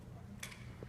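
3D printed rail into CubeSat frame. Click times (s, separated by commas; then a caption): 0.4 s. A 3D printed plastic rail is snapped onto a CubeSat frame during a live assembly demo, giving a sharp snap at 0.4 s that shows it has seated. The snap stands out over a low steady background hum, with a faint second tick near the end.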